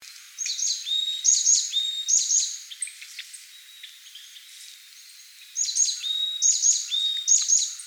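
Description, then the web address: Japanese tit calls: thin high chirps and short level whistled notes in two lively bouts, separated by a quiet pause of a few seconds. "birdenaga sijukara"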